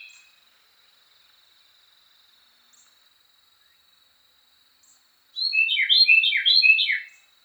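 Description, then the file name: Carolina wren: after several seconds of near silence with a steady faint high hum, a burst of three rapid ringing triple-note phrases, each ending in a downward slur. Song variation 5. "suara-kicauan-burung-carolina-wren-variasi-5-omkicau"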